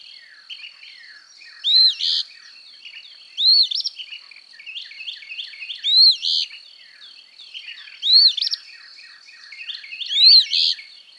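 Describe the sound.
Eastern phoebe singing its raspy two-part fee-bee, an arched note then a buzzy burr, five times over a steady high whine and soft chirps.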